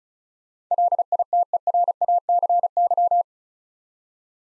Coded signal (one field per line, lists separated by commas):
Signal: Morse code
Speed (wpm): 36 wpm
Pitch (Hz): 700 Hz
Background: none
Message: LITERACY